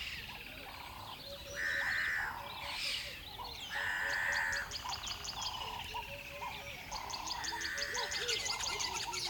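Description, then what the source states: Mixed birds chorusing, with loud harsh drawn-out calls cutting in at intervals over rapid high chirping and a layer of lower whistled notes. Dawn ambience at a river bed in savanna, South Africa; many birds calling together in a chorus.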